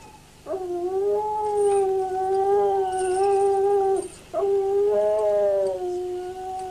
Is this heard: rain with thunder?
no